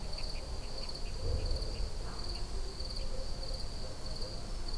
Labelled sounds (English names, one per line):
Water Rail